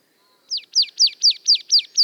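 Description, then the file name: Marsh Tit calling a crisp series of seven high, descending chipping notes at an even rapid pace, with no other sounds. "Poecile palustris"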